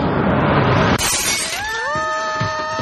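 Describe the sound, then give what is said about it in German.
A loud crash as a lamp shatters, a burst of breaking glass followed by a brief spray of tinkling shards and a lingering ringing tone over a busy background rumble. “Wer bezahlt mir die Lampe?”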